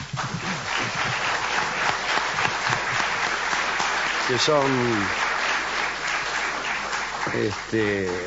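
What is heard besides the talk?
audience applause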